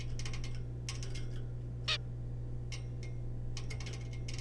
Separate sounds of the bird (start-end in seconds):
1.88-1.98